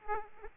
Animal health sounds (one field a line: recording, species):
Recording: mosquito wingbeat signal from an infrared sensor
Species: Aedes aegypti